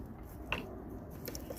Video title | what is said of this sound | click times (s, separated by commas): How To Replace High Pressure AC Line infiniti G37 G35 Sedan | You're gonna hear a click noise. You know it's in. | 0.5 s